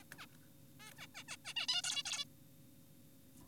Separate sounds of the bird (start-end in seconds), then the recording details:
0.18-0.26, 0.80-0.92, 0.98-1.07, 1.15-1.24, 1.28-1.37, 1.45-1.54, 1.56-1.67, 1.69-1.82, 1.84-2.03, 2.06-2.24. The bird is an adult. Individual g4p5U